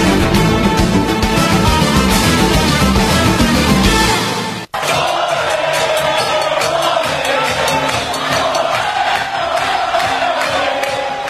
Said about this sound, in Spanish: Así estaba Puerto Rico en la madrugada de hoy, celebrando el pueblo en las calles, celebrando después de 12 días de protestas la renuncia del gobernador de Puerto Rico, Ricardo Rosselló.